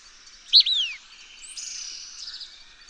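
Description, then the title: Blackish pewee giving one sharp, loud note that drops steeply in pitch, followed by a softer echoing slur, then a thin, high buzzy trill. Nominate subspecies nigrescens. "LuckyPassaro Completos2Sama. Blackish Pewee"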